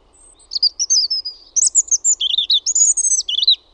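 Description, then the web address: European robin singing a continuous thin, high warble of varied trills and sliding whistles, with brief pauses between notes and no other clear sounds. "Linnut PUNARINTA"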